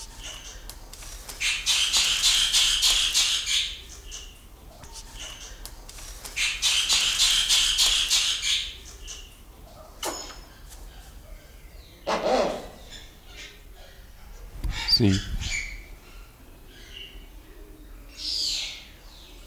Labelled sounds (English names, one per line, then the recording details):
Black-winged Starling
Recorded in captivity
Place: Zoo Berlin, Berlin, DE
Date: 1996-03-23 11:14
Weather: heiter, 4°C
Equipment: Sony WM-D6C, Sennheiser ME 80, Kopie Uher 4000 Report Monitor
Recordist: Tembrock, Günter